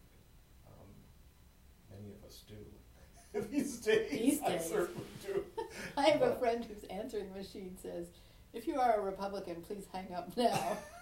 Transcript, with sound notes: Like many of us do these days. (laughs) These days. I certainly do. I have a friend whose answering machine says, "If you are a Republican, please hang up now."